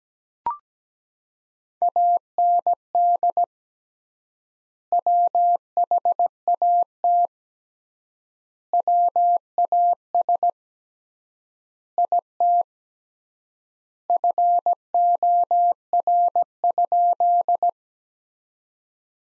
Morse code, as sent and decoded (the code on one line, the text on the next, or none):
.- -. -.. / .-- .... .- - / .-- .- ... / .. - / ..-. --- .-. ..--..
AND WHAT WAS IT FOR?